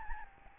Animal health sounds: mosquito wingbeat signal from an infrared sensor; Aedes albopictus

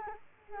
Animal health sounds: mosquito wingbeat signal from an infrared sensor; Culex quinquefasciatus

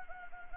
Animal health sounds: mosquito wingbeat signal from an infrared sensor; Anopheles gambiae

